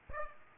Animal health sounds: mosquito wingbeat signal from an infrared sensor; Aedes aegypti

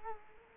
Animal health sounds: mosquito wingbeat signal from an infrared sensor; Culex quinquefasciatus

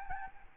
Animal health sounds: mosquito wingbeat signal from an infrared sensor; Aedes albopictus

